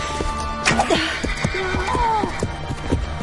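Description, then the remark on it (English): A wounded, riderless horse whinnies in shrill, wavering cries while galloping wildly, hooves pounding in a rapid, uneven gallop beneath, a few sharp clattering thuds punctuating the run. “A wounded riderless horse galloping wildly ahead, spreading alarm.”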